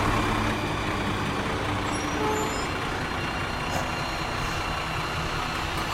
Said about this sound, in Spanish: Y aquel camión de la basura no se parecía a ninguno que yo hubiese visto anteriormente a lo largo de mi vida.